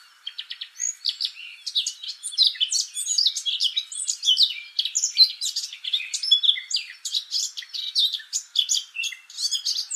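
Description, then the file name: Eurasian blackcap in a rapid, continuous warbling of varied high chirps and twitters, running without pause for ten seconds. "Sylvia atricapilla"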